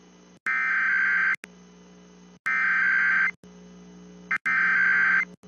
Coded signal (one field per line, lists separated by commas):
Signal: Emergency Alert System (SAME) tones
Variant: header bursts